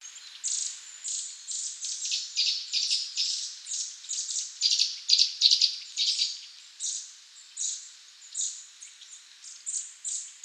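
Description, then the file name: Eurasian nuthatch calls: thin, very high chirps repeated quickly, about two or three a second, in an uneven, busy series with no other clear sounds. "Sitta europaea"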